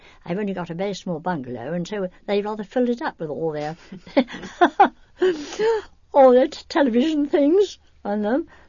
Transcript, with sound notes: And I've only got a very small bungalow, so they rather filled it up with all their... ( she laughs ) All their television things on them.